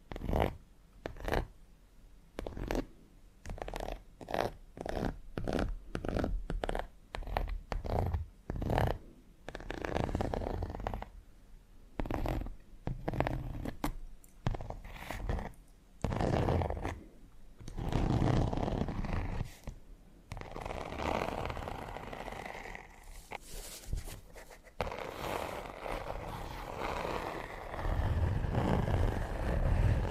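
Fingers and needle-like tips scratch across textured leather in quick, dry strokes. The first ten seconds are clipped, regular rasps with short gaps. After that the scraping grows denser and more continuous, with longer rubbing passes and low scuffs continuing to the end.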